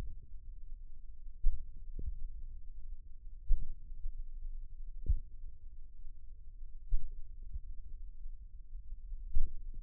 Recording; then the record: forearm muscle sounds (acoustic myography)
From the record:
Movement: finger pinch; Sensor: system 1, eight BSWA MPA416 microphones around the upper forearm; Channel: 6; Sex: male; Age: 54 years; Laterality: right